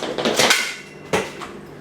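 The final steel tube section of an Omni Gym & Yoga Swing Support Stand base is pushed into its base joint, giving a single sharp knock at 0.2 s. A further clatter follows around 1.1 s. The tube snaps into place and is seated.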